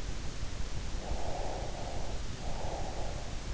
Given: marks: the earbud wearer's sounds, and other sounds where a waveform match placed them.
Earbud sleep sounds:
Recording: sounds in sleep by an in-ear microphone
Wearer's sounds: breath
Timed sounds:
1.05-3.38 s: breath

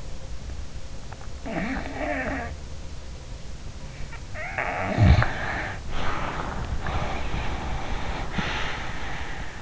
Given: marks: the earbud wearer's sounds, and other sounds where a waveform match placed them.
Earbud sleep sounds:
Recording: sounds in sleep by an in-ear microphone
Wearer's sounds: snoring breath, breath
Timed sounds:
1.38-2.51 s: snoring breath
4.29-6.72 s: snoring breath
6.88-9.62 s: breath

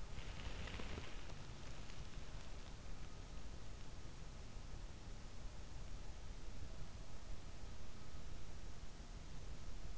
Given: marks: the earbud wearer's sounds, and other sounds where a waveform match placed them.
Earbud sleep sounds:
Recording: sounds in sleep by an in-ear microphone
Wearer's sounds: body movement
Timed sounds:
0.00-1.85 s: body movement

